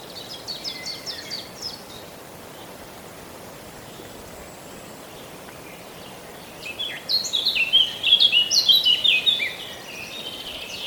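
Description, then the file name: Eurasian blackcap: soft repeated notes at first, then after a quiet gap a loud, fast warble. "Sylvia atricapilla"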